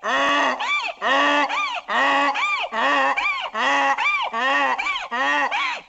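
Donkey braying: a harsh, harmonic-rich hee-haw that alternates a flat honking note with rising-and-falling wheezy notes, a little faster than once a second for seven cycles.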